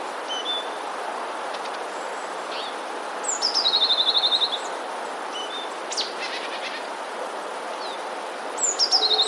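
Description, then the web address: Eurasian blue tit song, high piping notes running into a rapid trill, given twice, with scattered faint chips in between. "wroblowe teka spiew 14. modraszkoteka"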